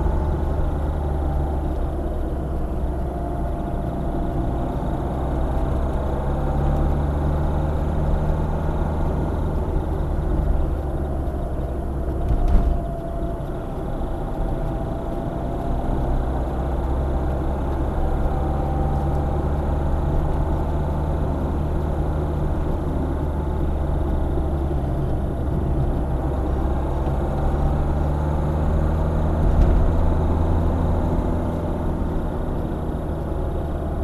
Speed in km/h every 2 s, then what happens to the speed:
46, 44, 49, 54, 51, 46, 44, 44, 53, 54, 56, 56, 46, 53, 57, 58, 51.
2-7 speeds up to 54. 7-13 slows to 44. 13-20 speeds up to 56. 28-34 steady at about 57.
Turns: none.